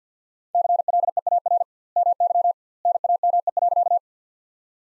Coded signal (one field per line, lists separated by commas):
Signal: Morse code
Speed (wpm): 50 wpm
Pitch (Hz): 700 Hz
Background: none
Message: CLEAR MY NAME.